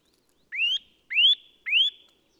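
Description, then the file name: Eurasian nuthatch calls: three loud, clear whistled notes, each sliding sharply upward, spaced about half a second apart in an otherwise quiet background. "Sitta europaea"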